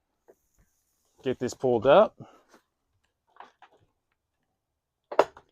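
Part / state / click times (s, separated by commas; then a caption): fold-up Murphy bed latching into its stowed position in a motorhome wall / seated / 5.1 s, 5.2 s. Someone talks while a fold-up Murphy bed in the lounge of a 2026 Airstream Atlas touring coach is unlatched and lifted back up into its stowed position in the motorhome wall, with a few faint knocks around 3.4–3.6 s. The latch locks the bed into place with sharp clicks at 5.1 and 5.2 s.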